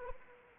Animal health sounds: mosquito wingbeat signal from an infrared sensor; Anopheles arabiensis

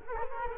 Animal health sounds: mosquito wingbeat signal from an infrared sensor; Culex quinquefasciatus

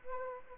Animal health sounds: mosquito wingbeat signal from an infrared sensor; Aedes albopictus

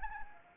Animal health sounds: mosquito wingbeat signal from an infrared sensor; Anopheles gambiae

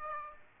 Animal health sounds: mosquito wingbeat signal from an infrared sensor; Aedes aegypti

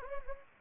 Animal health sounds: mosquito wingbeat signal from an infrared sensor; Anopheles gambiae

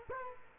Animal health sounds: mosquito wingbeat signal from an infrared sensor; Culex quinquefasciatus

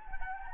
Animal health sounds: mosquito wingbeat signal from an infrared sensor; Anopheles gambiae

